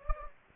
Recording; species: mosquito wingbeat signal from an infrared sensor; Anopheles gambiae